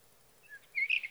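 Sage thrasher song: after a quiet start, soft high notes lead into a quick burst of warbled, slurred phrases at a fairly high pitch.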